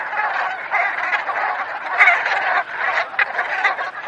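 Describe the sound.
Brant goose flock in full voice, rasping, rolling honks tumbling over one another, with a few louder calls standing out near the middle.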